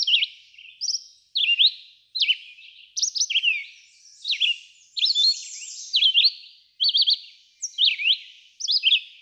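Red-eyed vireo song with quick, slurred whistled phrases following one another closely, varying between rising and falling shapes, high-pitched and persistent.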